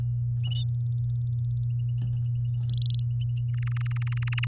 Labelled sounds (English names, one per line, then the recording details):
Domestic Canary song
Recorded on 8 May 2018 at 10:45
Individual llb16